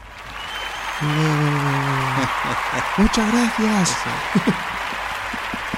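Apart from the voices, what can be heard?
canned applause sound effect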